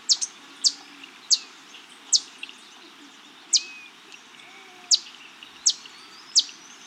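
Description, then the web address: Common bush-tanager calling with high, sharp chips spaced unevenly, with faint other bird notes and steady hiss behind. Andean bird from South America. "Natures Songs S America Andean Birds. Common Bush-Tanager (Clorospingus Ophthalmicus)"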